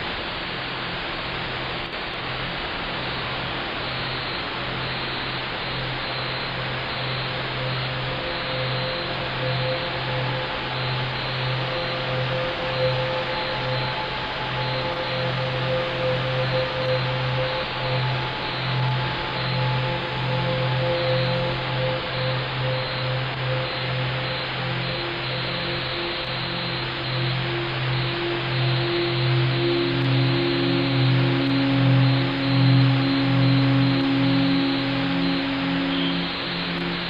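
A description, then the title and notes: A steady hissing drone layered with low sustained tones that hold and shift, a brighter low tone swelling after about 27 seconds. Drone & frequencies.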